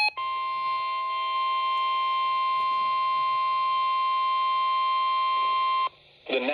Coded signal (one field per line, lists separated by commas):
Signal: Emergency Alert System (SAME) tones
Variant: 1050 Hz attention tone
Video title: Severe Thunderstorm Warning (EAS #150)